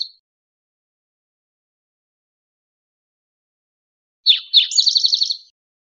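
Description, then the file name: Spotted towhee song with a brief note at the start, then silence, and then a full phrase of two rough introductory notes running into a quick buzzy trill. "CR SPTO"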